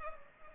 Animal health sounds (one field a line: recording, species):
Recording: mosquito wingbeat signal from an infrared sensor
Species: Culex pipiens